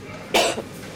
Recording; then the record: coughing mixed with background sound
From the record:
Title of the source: 61 morning phlegmy cough...again